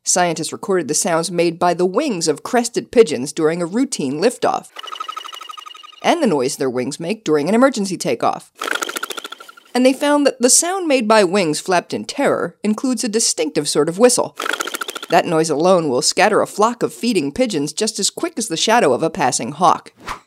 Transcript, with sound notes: Scientists recorded the sounds made by the wings of crested pigeons during a routine liftoff (wing sound 1). And the noise their wings make during an emergency takeoff (wing sound 2). And they found that the sound make by wings flapped in terror includes a distinctive sort of whistle. That noise alone will scatter a flock of feeding pigeons just as quick as the shadow of a passing hawk.